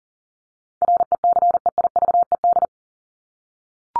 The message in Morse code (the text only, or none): RECEIVED